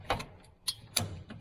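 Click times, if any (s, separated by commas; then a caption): 1.0 s. An implement driveshaft yoke with a spring clip is pushed onto the splined PTO shaft of a Kubota BX23s tractor, with several short metallic knocks and clicks at about 0.1, 0.2 and 0.7 s. The loudest, sharpest click comes at 1.0 s as the clip snaps into place, followed by a few softer ticks at 1.3 and 1.4 s. The yoke is seated on the shaft.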